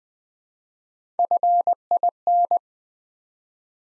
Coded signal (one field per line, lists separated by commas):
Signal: Morse code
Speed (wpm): 20 wpm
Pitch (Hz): 700 Hz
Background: none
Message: FIN